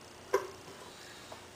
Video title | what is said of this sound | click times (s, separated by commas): Timing Belt - VCT Delete - Oil Pump Front Seal Replacement Ford Zetec Engine. | now you should get a nice solid click out of these you might even be able to hear it on the camera you should certainly feel it when you put push down | 0.3 s